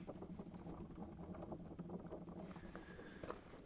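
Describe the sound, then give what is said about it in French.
A continuous, low bubbling gurgle from an overheated car engine during an improvised stop, steady and fairly loud throughout, with a thin higher whine briefly rising near the end. “Alors, je sais pas si vous entendez encore le petit bruit du glouglou.”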